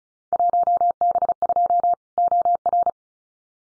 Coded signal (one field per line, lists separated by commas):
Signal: Morse code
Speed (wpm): 36 wpm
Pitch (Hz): 700 Hz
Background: none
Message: 1B2 OR